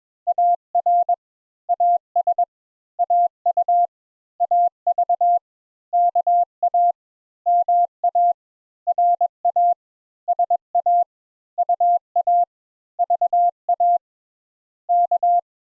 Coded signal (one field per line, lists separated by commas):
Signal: Morse code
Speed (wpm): 22 wpm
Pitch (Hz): 700 Hz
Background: none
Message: AR AS AU AV KA MA RA SA UA VA K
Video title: Morse Code Introductory Lesson 4 Letters A and N